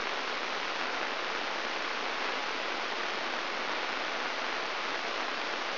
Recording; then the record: brain microelectrode recording played as sound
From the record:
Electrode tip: inside the subthalamic nucleus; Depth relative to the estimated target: 1 mm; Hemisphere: right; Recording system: AlphaMap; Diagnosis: Parkinson's disease